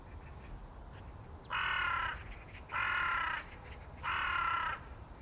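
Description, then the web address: Bird calling three times, each call a hoarse, drawn-out rasp of under a second, separated by short pauses, with steady low rumble underneath. "cianscape. Deverinetal 2025. Bird Only"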